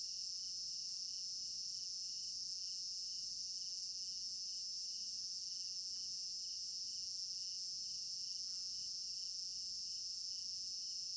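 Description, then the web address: Many crickets chirp together in a constant bright, high ringing drone, rhythmic pulses beneath it, and a few soft knocks and clicks scattered through. Crickets in an African village garden at night; stereo binaural recording. "African-Village Garden Night Crickets Stereo-Binaural. immersive sound library"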